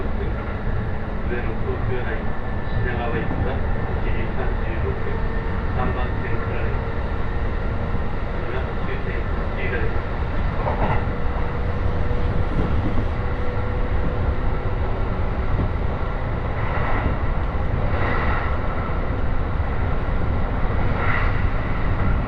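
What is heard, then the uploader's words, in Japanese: A Joban Line local train rumbles steadily with a dense, low roar, faint voices, and brief tonal squeals and clicks around ten and seventeen seconds. 耳で楽しむ鉄道旅 常磐線普通 石岡→土浦→取手。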